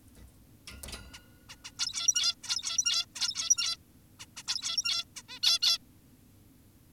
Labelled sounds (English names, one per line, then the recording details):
Zebra Finch
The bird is an adult
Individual g17y2U